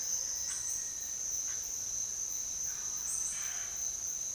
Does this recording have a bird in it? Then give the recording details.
no. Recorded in secondary vegetation near Puerto Asís, Putumayo, Colombia, on 29 June 2025 at 08:30. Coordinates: 0.498, -76.327. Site GP09